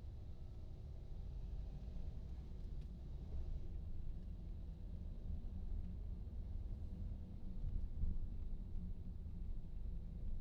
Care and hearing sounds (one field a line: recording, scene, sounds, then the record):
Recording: everyday scene through a hearing-aid microphone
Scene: in a vehicle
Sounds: engine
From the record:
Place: VW T5 Caravelle, diesel engine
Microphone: in the ear canal, right